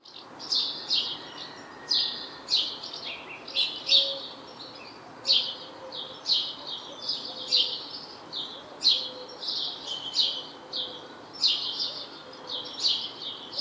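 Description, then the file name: House sparrow chirping, a steady run of short bright chirps with little pause, over continuous background hiss. "Passer domesticus"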